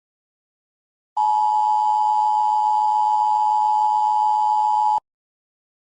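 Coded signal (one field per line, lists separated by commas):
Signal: Emergency Alert System (SAME) tones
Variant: 853 and 960 Hz attention tone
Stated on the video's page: Mock alert for a fictional global thermonuclear war.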